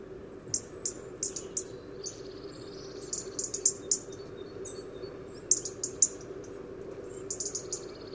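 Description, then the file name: European robin producing repeated short, very high thin notes in loose series, some paired, over a steady low hum. "Erithacus rubecula"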